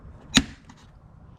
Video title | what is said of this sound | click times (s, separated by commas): 2018 Nissan Rogue (DIY - Engine Air Filter Removal & Replacement) #airfilters | back so the clip is on you could hear the click and this one is on too tight | 0.4 s